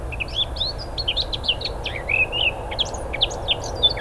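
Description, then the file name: Eurasian blackcap song: a quick, varied run of high warbled and chirped notes, some sliding up or down, continuing for four seconds over a low steady background hum. "Sylvia atricapilla"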